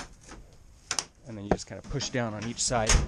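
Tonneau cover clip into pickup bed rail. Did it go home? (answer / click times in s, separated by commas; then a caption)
yes / 0.9 s, 1.0 s. A Toyota Tacoma OEM tonneau cover's side clip is pressed into the pickup bed rail on the second side, giving a sharp double click at 0.9 s and 1.0 s as it seats. Someone talks afterward.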